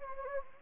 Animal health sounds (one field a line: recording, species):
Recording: mosquito wingbeat signal from an infrared sensor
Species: Anopheles gambiae